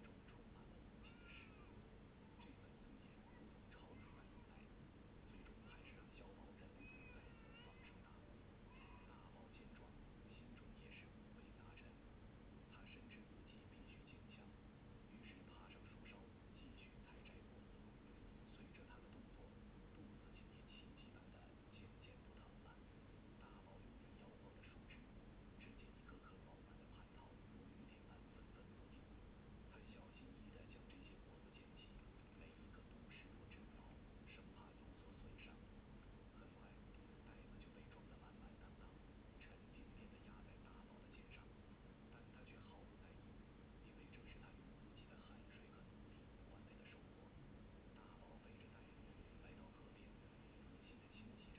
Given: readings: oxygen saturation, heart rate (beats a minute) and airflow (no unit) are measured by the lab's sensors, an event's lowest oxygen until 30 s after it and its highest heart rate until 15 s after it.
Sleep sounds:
a person awake in a sleep study, by a voice recorder at the bedside; none
0.00-51.59 s: awake
From the record:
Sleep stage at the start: awake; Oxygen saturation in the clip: 94 to 96%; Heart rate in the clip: 65 to 73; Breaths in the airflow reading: 10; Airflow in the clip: -3.7 to 5.3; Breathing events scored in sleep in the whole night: 131 in 7.2 hours asleep

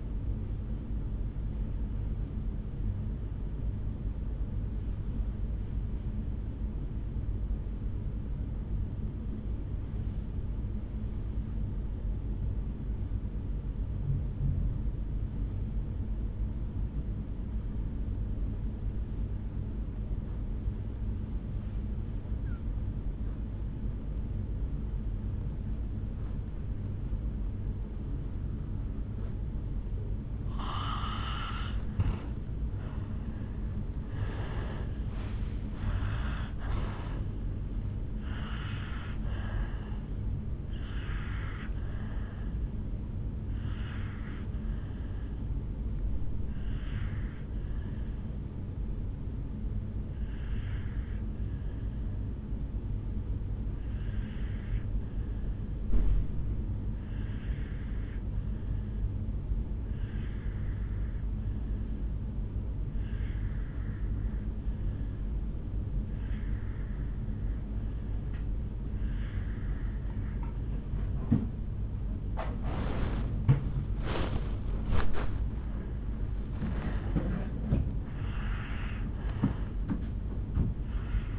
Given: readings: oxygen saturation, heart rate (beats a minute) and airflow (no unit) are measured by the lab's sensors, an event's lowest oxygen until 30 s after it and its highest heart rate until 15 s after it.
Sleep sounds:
breathing in sleep by a smartphone at the bedside; 2
4.00-32.10 s: obstructive apnea (N2, oxygen 94% highest, then 78% lowest, heart rate 63 at the start, 74 highest)
27.00-57.00 s: new sleep stage, N1 (lightest sleep)
43.00-71.90 s: obstructive apnea (N1, oxygen 97% highest, then 89% lowest, heart rate 68 at the start, 68 highest)
57.00-81.39 s: new sleep stage, N2 (light sleep)
From the record:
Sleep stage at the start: N2 (light sleep); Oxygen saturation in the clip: 78 to 97%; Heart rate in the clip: 50 to 74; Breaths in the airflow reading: 5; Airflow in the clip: -11.3 to 5.9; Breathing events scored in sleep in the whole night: 449 in 7.0 hours asleep

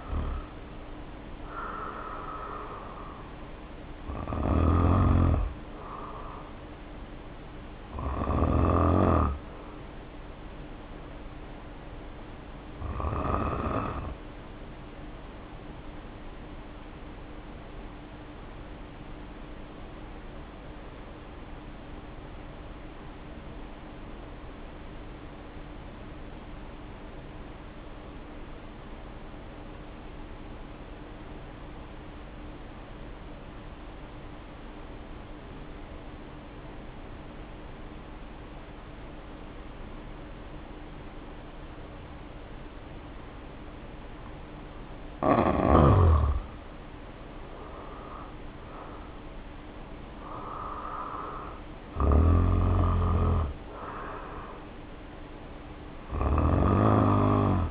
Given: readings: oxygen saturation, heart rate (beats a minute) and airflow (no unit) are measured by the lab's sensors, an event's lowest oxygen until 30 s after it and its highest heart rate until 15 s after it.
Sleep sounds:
breathing in sleep by a voice recorder at the bedside; 1
9.00-46.80 s: hypopnea (N2, oxygen 95% highest, then 74% lowest, heart rate 61 at the start, 67 highest)
From the record:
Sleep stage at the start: N2 (light sleep); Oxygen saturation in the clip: 76 to 95%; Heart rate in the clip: 48 to 70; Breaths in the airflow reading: 16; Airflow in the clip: -2.2 to 3.3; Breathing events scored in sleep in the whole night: 520 in 7.2 hours asleep

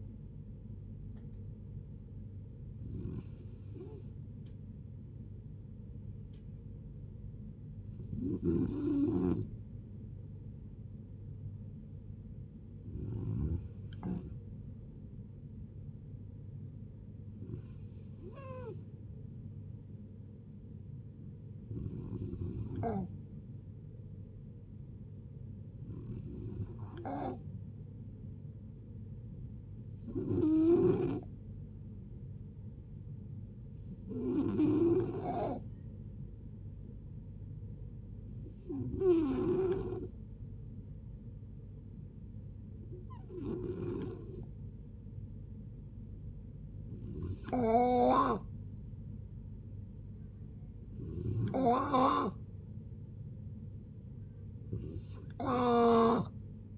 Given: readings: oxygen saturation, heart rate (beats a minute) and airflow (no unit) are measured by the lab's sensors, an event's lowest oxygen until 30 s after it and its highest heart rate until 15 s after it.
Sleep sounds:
a person awake in a sleep study, by a smartphone at the bedside; none
0.00-56.77 s: awake
0.00-56.77 s: awake
From the record:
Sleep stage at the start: awake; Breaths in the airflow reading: 19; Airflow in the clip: -0.7 to 0.6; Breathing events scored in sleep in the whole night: 496 in 5.4 hours asleep

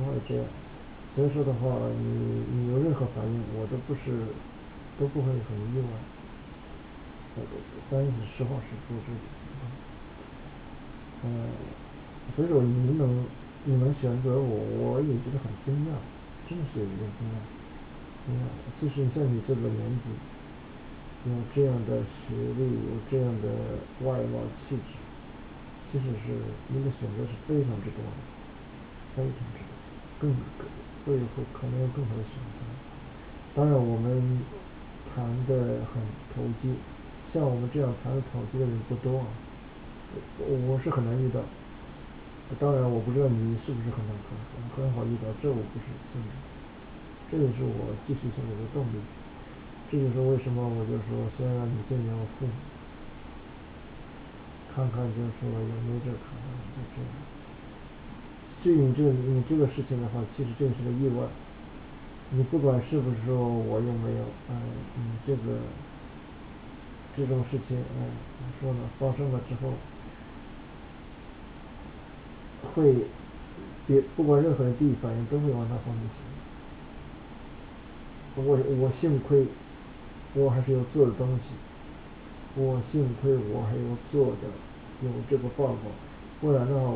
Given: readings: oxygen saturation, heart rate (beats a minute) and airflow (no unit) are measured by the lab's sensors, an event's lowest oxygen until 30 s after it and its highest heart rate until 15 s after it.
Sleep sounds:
a person awake in a sleep study, by a voice recorder at the bedside; none
0.00-86.96 s: awake
From the record:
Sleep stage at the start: awake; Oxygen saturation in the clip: 95 to 96%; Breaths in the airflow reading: 22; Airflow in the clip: -3.9 to 5.8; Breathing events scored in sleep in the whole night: 216 in 7.0 hours asleep

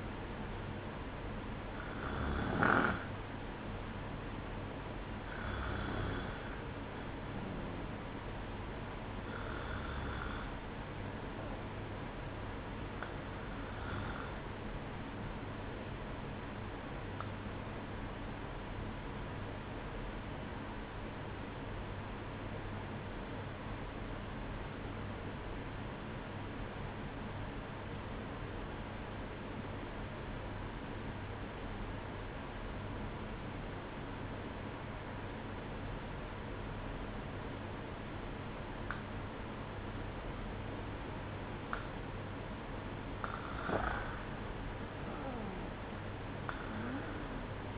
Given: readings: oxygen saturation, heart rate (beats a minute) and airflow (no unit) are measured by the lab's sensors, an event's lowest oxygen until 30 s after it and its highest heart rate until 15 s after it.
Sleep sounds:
breathing in sleep by a voice recorder at the bedside; 1
17.00-42.10 s: obstructive apnea (N1, oxygen 96% highest, then 93% lowest, heart rate 60 at the start, 65 highest)
20.00-47.78 s: new sleep stage, REM sleep
From the record:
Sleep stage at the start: N1 (lightest sleep); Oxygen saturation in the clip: 93 to 96%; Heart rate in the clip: 60 to 63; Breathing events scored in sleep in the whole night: 305 in 9.6 hours asleep

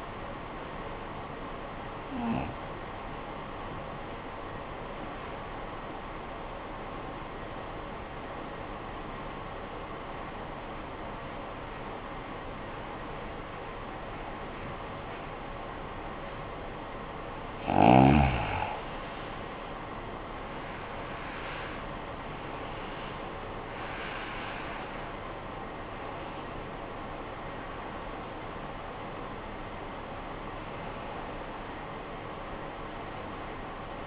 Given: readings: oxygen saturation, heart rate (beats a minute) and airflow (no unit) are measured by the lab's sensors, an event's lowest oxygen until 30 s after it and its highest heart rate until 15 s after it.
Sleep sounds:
breathing in sleep by a voice recorder at the bedside; 1
4.00-18.20 s: obstructive apnea (REM, oxygen 96% highest, then 84% lowest, heart rate 51 at the start, 72 highest)
21.00-34.07 s: new sleep stage, N1 (lightest sleep)
From the record:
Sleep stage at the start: REM sleep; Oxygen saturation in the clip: 83 to 97%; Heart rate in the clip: 51 to 72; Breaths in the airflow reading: 4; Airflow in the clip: -19.0 to 18.8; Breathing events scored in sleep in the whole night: 445 in 7.6 hours asleep

